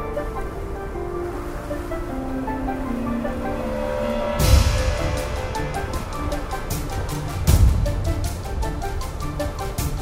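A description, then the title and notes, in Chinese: Epic music over a wind-and-snow hiss, with sustained tones that break into heavy booming hits near five and eight seconds, then steady bright ticks. 10首超好聽史詩音樂配合風雪的聲音。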